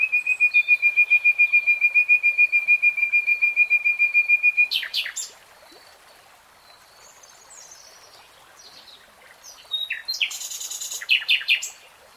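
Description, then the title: Nightingale song opening with a long series of rapidly repeated whistled notes on one pitch, then a sharp burst and a later buzzy, rattling phrase. Three-hour real-time recording of a nightingale singing. "[Tiếng chim hót] 3 Hours REALTIME Nightingale Singing"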